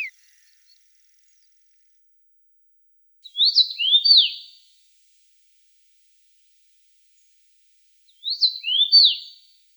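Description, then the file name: Common rosefinch song: two short clear whistled phrases of slurred up-and-down notes, about five seconds apart, with silence between them. Recorded in Russia. "Pticy Rossii - Obyknovennaya chechevica Carpodacus erythrinus"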